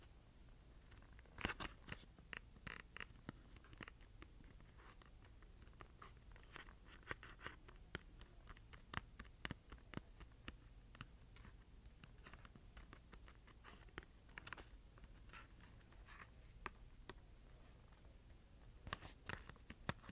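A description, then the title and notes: Scratching and tapping on cardboard: a steady run of short, dry clicks and scrapes, irregular but frequent throughout the twenty seconds. Sharper, louder taps stand out near 1.5, 7, 14 and 19 seconds, over a faint low hum. ASMR Scratching and Tapping Cardboard.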